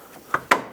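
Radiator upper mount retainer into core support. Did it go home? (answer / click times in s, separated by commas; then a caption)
yes / 0.5 s. The plastic upper mount bracket, or retainer, of a radiator on a 2006-2011 Chevy HHR is hooked onto the core support and pressed down. A lighter tap at 0.3 s is followed by a sharp, bright snap at 0.5 s as the mount locks into place. The mount is seated.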